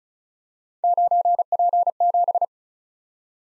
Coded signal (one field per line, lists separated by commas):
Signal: Morse code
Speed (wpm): 35 wpm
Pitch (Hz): 700 Hz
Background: none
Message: 9P7